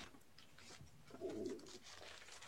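A brief, low, murmuring gurgle swells for about half a second in a quiet room, with a cooing, tonal quality. It is stomach growling (borborygmi) in a hungry adult, the ordinary rumbling of gas and fluid moving through an empty gut.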